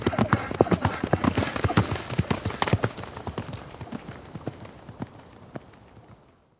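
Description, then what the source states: Horse canter hoofbeats, loud rapid drumming thuds at first, then gradually fading away to silence. Horse cantering by on a dirt surface.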